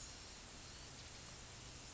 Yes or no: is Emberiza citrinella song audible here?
no